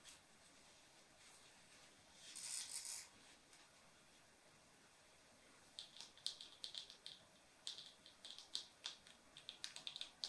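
Hair and fabric scratching with jewelry tracing over a quiet, faint hiss. A soft, bright rustling swell rises around two to three seconds. From about six seconds on, quick irregular clicks and ticks come in dense clusters, crisp and high, like small metal catches.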